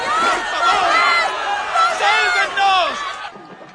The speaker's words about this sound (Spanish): La gente grita hacia los botes lejanos.